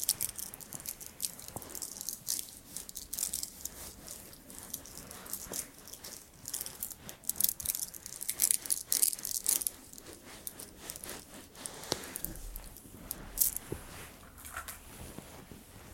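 Stones click and tap against a soft rubbing background, with irregular bright knocks clustering between about 6 and 10 seconds. Quieter rustling massage strokes fill the rest, and a faint high chime-like ping appears around 8 to 9 seconds.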